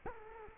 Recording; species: mosquito wingbeat signal from an infrared sensor; Culex quinquefasciatus